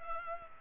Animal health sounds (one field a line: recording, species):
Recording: mosquito wingbeat signal from an infrared sensor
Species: Culex pipiens